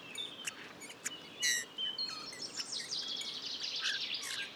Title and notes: LE CHANT DE LA DISCRETION. 15 mars 2020-La Sarcena - Drôme. Bouvreuil pivoine (Pyrrhula pyrrhula) mâle